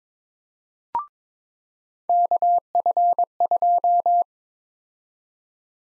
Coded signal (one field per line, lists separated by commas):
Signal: Morse code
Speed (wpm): 22 wpm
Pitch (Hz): 700 Hz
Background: none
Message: KF2